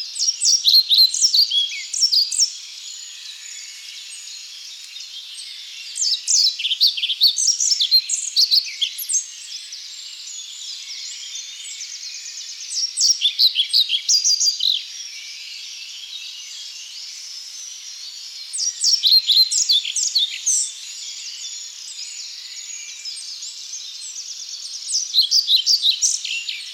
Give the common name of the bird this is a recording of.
European Pied Flycatcher